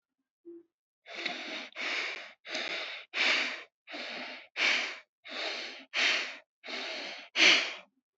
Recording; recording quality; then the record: shallow breathing; excellent, no background noise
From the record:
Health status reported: healthy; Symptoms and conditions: none ticked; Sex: male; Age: 27 years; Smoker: not ticked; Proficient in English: yes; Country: India